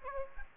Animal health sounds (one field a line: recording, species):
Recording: mosquito wingbeat signal from an infrared sensor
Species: Aedes aegypti